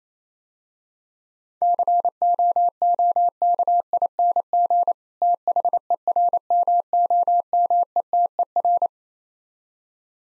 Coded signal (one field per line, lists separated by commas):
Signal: Morse code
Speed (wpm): 28 wpm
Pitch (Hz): 700 Hz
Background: none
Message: COOKING THERMOMETER